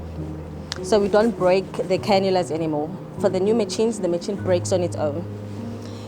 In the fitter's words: and then you click the tip here